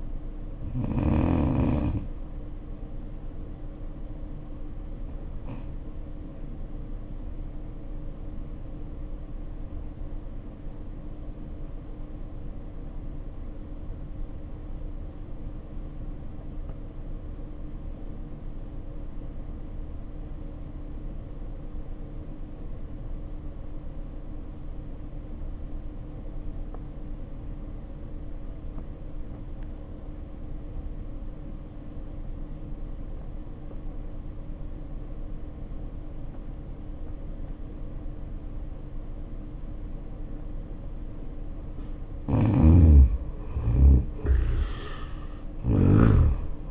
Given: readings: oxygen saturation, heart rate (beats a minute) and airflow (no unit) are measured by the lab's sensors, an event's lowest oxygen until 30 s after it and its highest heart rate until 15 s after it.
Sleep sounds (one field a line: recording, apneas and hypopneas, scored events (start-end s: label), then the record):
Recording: breathing in sleep by a smartphone at the bedside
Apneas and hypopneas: 1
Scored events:
11.00-40.40 s: obstructive apnea (N1, oxygen 94% highest, then 69% lowest, heart rate 59 at the start, 82 highest)
From the record:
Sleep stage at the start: N1 (lightest sleep)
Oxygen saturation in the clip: 74 to 94%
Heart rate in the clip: 55 to 78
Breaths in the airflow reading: 2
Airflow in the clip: -5.8 to 9.1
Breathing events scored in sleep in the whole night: 520 in 7.2 hours asleep